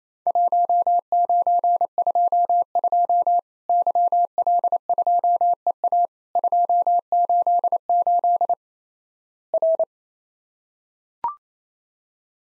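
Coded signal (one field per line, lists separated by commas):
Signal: Morse code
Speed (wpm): 28 wpm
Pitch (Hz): 700 Hz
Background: none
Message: 1922 YL2EA 288 R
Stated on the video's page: Practice Morse at 28 wpm simulating Worked All Europe DX Contest QTC exchanges, with random misses and repeat requests.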